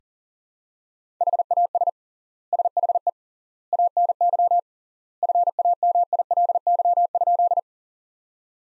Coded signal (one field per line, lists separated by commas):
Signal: Morse code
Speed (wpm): 40 wpm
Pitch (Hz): 700 Hz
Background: none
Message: HAS SHE ANY FAMILY?